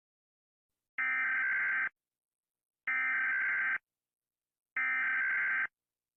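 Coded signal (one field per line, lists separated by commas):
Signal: Emergency Alert System (SAME) tones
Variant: header bursts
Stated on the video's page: Simulated fictional EAS alarms made with Gacha Club.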